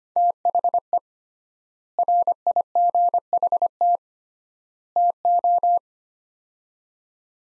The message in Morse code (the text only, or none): THE RIGHT TO